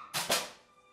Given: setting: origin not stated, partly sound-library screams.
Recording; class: one-second piece from a danger detection set; woman in danger